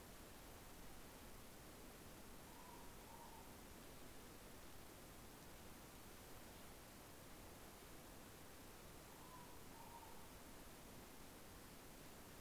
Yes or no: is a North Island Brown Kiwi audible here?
no